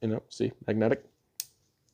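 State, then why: Seated. Someone talks for the first second, then a magnetic driver bit is pushed up into a compact EDC screwdriver handle and locks in place with a single sharp click at 1.4 s. Faint ticks follow near 1.9 s, and the bit stays seated.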